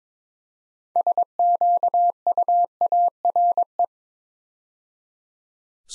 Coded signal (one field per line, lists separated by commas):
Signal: Morse code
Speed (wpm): 22 wpm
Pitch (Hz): 700 Hz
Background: none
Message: SQUARE